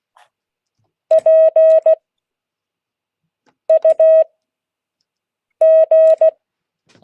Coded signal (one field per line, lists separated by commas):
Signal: Morse code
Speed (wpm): 16 wpm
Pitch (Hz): 630 Hz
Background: none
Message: PUG